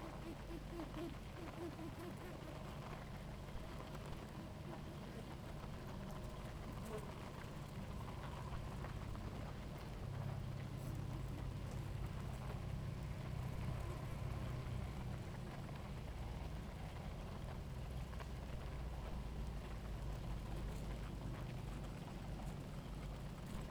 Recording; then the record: honeybee colony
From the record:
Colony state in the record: active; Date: 28 July 2017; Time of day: 17:51